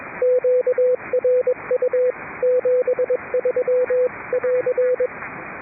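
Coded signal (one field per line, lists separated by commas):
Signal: Morse code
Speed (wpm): 21 wpm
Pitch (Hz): 500 Hz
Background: radio noise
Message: QRU 73<AR>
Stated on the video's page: British Columbia Public Service Net on 3.729 MHz, streamed live.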